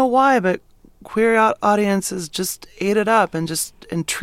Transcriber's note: none